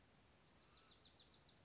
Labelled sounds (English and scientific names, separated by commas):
Wilson's Warbler (Cardellina pusilla)